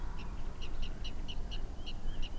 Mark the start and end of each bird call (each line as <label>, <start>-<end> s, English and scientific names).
Water Rail (Rallus aquaticus), 0.18-0.24 s
Water Rail (Rallus aquaticus), 0.60-1.58 s
Common Nightingale (Luscinia megarhynchos), 1.75-2.38 s
Water Rail (Rallus aquaticus), 1.85-1.93 s
Water Rail (Rallus aquaticus), 2.21-2.29 s